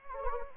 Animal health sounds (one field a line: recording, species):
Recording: mosquito wingbeat signal from an infrared sensor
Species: Anopheles gambiae